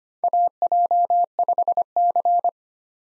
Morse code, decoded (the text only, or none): AJ5C